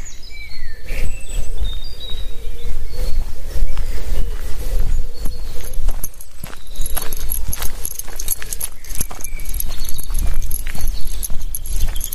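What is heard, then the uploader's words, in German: A walk in the woods, with birds chirping throughout, frequent crunching footsteps and rustles, and a steady low rumble underneath. Ein Spaziergang im Wald zum ersten Mal aufgenommen mit dem Shure MV88.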